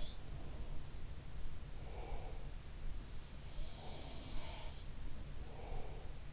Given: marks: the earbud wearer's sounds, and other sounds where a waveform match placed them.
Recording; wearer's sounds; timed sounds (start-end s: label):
sounds in sleep by an in-ear microphone; breath
0.00-0.28 s: sound from someone else or the room
1.61-2.70 s: breath
3.42-5.03 s: sound from someone else or the room
5.25-6.33 s: breath